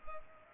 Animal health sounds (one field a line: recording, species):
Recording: mosquito wingbeat signal from an infrared sensor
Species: Culex pipiens